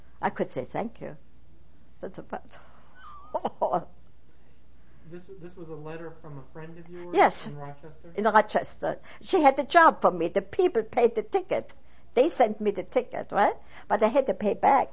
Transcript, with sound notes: I could say, "Thank you," that's about all (she laughs)
This was a letter from a friend of yours in Rochester?
Yes, in Rochester. She had a job for me, the people pais the ticket, they sent me the ticket, right, but I had to pay it back.